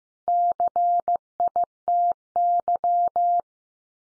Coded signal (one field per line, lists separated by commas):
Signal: Morse code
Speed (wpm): 15 wpm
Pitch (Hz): 700 Hz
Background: none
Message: CITY